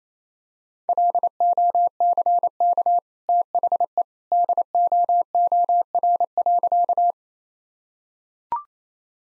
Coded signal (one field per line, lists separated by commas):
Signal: Morse code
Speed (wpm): 28 wpm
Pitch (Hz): 700 Hz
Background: none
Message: LOCK THE DOOR.